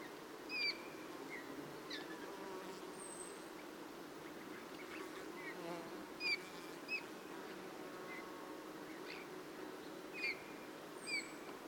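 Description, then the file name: Eurasian bullfinch giving soft, short piping whistles, single notes scattered throughout with brief pauses, over a steady low background hiss. "Pyrrhula pyrrhula"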